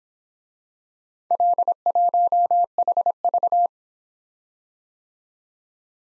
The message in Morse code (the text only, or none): L1HV